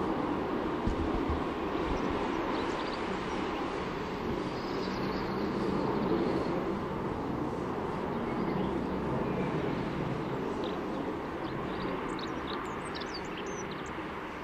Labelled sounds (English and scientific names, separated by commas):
Dunnock (Prunella modularis) song